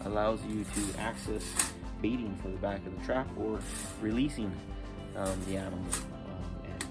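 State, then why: Seated. Someone talks over background music while the rear baiting and release door of a metal wire cage trap, used for baiting from the back or releasing the animal, is closed. A sharp click at 6.8 seconds marks its latch locking into place.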